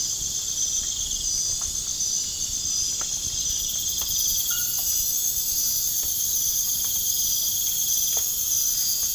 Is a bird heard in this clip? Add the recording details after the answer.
no. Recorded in pastures near Puerto Asís, Putumayo, Colombia, on 30 June 2025 at 23:00. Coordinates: 0.466, -76.322. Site GP07